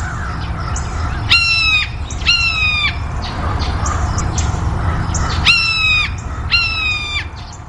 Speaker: Blue jays will give what we call a hawk call. They mimic a hawk. It's a single note, and this is what it sounds like.